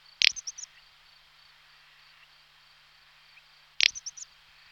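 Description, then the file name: Little bustard giving two short, dry snorting notes about three and a half seconds apart, each followed by a few quick softer ticks, over a faint steady hum. "Drop maly Tetrax tetrax"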